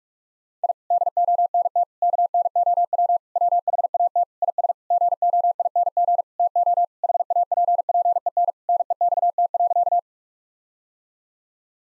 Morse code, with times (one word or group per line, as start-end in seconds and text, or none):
0.6-0.7 I
0.9-1.8 DONT
2.0-3.2 KNOW
3.4-4.2 WHAT
4.4-4.7 IS
4.9-6.2 GOING
6.4-6.8 TO
7.0-8.5 HAPPEN
8.7-10.0 NEXT.